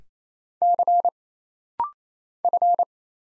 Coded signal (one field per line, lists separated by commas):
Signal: Morse code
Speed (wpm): 29 wpm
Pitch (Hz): 700 Hz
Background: none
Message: C F